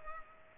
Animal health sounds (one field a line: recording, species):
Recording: mosquito wingbeat signal from an infrared sensor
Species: Culex pipiens